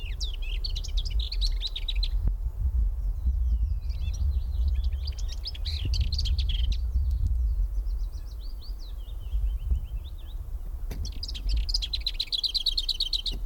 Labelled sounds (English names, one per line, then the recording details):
Lesser Whitethroat
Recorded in the wild
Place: Karower Teiche, Naturpark Barnim, Berlin, DE
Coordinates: 52.6222, 13.4597
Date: 1996-04-21 13:29
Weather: heiter
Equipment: Sony MD-WM MZ-R3, Sennheiser MKH 416 T, Kopie Uher 4000 Report Monitor
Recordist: Tembrock, Günter